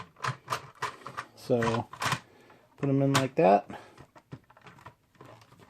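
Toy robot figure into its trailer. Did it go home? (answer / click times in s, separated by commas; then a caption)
no / none. A plastic toy robot figure from the Transformers WFC Kingdom Commander Class Rodimus Prime is being lined up in its trailer while someone talks, with only small handling taps heard. Nothing has seated or clicked into place yet.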